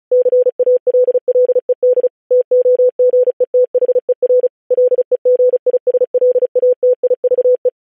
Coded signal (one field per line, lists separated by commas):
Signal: Morse code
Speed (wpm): 36 wpm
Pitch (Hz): 500 Hz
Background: none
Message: CALLED TOGETHER LEGISLATIVE